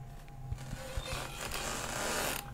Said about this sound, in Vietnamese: Loáng thoáng trong tiếng gió, họ nghe có tiếng cành cạch cành cạch, rồi sau đó là những tiếng kẽo cả kẽo kẹt, giống như là những cái mộng của ngôi nhà đang đung đưa, như là có ai đang cố đẩy vậy.